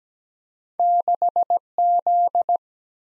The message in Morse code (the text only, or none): 6Z